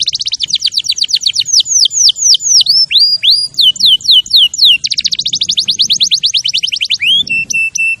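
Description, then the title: Canary song of rapid repeated notes and swooping whistles, closing with a short flat tone; a faint low rumble sits in the background. Champion canary song used as a master recording for training other birds. "Masteran Kenari Juara"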